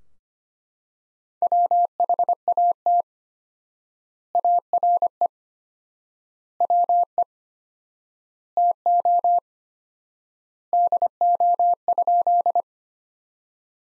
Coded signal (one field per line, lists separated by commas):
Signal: Morse code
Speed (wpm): 25 wpm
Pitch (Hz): 700 Hz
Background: none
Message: WHAT ARE WE TO DO?